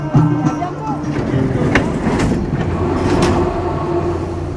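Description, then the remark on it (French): A steady metro train rumble in the corridors of Châtelet metro station in Paris, with low droning hum, rattling clatter and brief bright squeals, while indistinct voices murmur underneath throughout. “que tous ces souvenirs reviennent à ma mémoire quand je me retrouve dans les couloirs du métro Châtelet-Léal et que j'entends ce morceau.”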